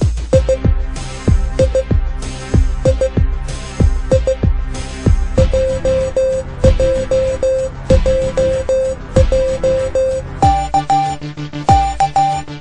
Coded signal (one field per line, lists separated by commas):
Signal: Morse code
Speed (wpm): 15 wpm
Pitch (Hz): 520 Hz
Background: music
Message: I I I I JJJJ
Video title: Morse Code.